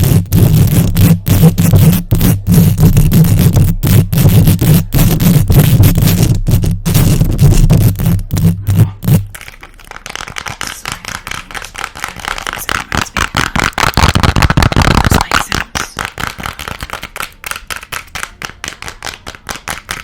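Fast, aggressive scratching and tapping on a mic, heavy and booming for nine seconds, then brighter rapid scraping with sharp repeated taps.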